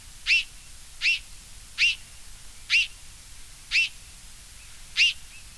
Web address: Culicivora caudacuta - Tachurí coludo